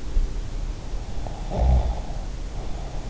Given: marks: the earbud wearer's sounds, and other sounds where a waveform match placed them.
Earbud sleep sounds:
sounds in sleep by an in-ear microphone; snoring breath
1.20-3.04 s: snoring breath

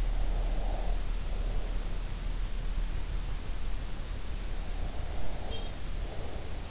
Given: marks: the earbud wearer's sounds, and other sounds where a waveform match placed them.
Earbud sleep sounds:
sounds in sleep by an in-ear microphone; breath
0.41-2.00 s: breath
5.00-6.71 s: breath
5.29-6.71 s: sound from someone else or the room

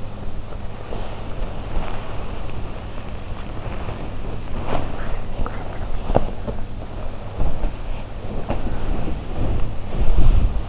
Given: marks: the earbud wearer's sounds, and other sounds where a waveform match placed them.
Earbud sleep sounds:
sounds in sleep by an in-ear microphone; body movement
0.00-10.69 s: body movement

